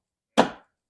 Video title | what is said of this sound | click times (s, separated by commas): How to Install LED Headlight Bulbs in a 2015 Ram 1500 | So I just heard it, so it should be released. | 0.4 s